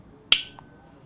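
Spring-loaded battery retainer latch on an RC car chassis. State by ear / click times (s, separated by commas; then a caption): seated / 0.3 s. A spring-loaded quick-release battery retainer latch on a Yokomo MasterSpeed MS1.0 RC touring car chassis is pushed down and flipped over until it locks at 0.3 s with a single sharp, bright click, holding the battery in place. A few faint ticks follow. The latch is firmly closed with a positive click, so the battery won't fall out.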